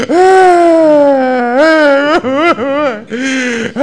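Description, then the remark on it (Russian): A voice mimics exaggerated crying, a person crying on purpose while sitting where they can be seen through a window; a long sustained wail with wavering pitch that rises and bends, broken into several sobbing bursts near the end. It is loud and heard alone. “Даже если выкинут из дома, то для того, чтобы что, там два часа они в день походят, там, еще специально плачет, там сидит, чтобы в окно видели.”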